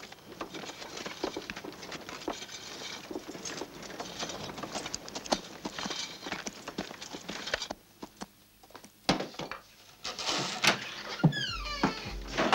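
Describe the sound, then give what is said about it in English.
A horse's hooves clip-clop away in an uneven clatter as the horse is taken to the stable, over a steady rustling, scraping background. The clopping thins out briefly partway through, then picks up again with a few sharper knocks. No one speaks. “Take my horse to the stable.”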